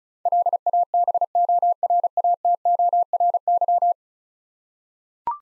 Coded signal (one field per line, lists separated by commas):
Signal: Morse code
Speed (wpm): 36 wpm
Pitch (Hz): 700 Hz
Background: none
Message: LABORATORY